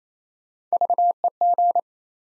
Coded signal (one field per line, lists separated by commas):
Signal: Morse code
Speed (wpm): 28 wpm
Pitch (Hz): 700 Hz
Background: none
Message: VEG